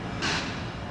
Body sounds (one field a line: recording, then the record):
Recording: background sound without coughing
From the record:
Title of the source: 30 MINUTES Construction Site Ambience (CC BY 4.0)